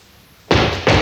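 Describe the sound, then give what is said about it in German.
Two heavy, forceful knocks pound on a door as police knock at Ebbelstraße 10, about a third of a second apart, each a loud booming thud breaking a quiet background. “Du, lass den auch mal klopfen, der soll's doch lernen.”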